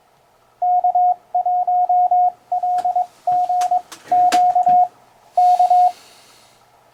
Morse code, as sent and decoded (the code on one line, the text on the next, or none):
-.- .---- .-.. --. --.- / -.-
K1LGQ K